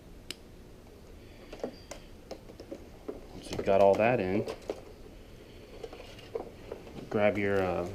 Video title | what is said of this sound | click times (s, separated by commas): Saturn S-Series Foglight Installation | Just push it until it clicks. | 0.3 s